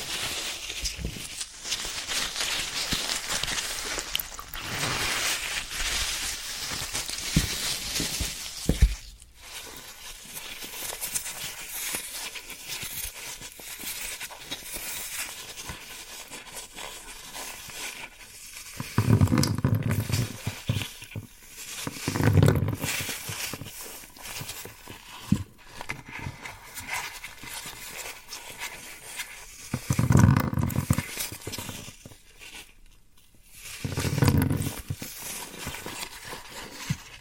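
Floral foam is pressed and crumbled in a dense, crackling stream of fine crunches and scratches that runs the whole time. Heavier squeezes bring deeper, louder crunches around 19, 22, 30 and 34 seconds, with a few brief quiet gaps between.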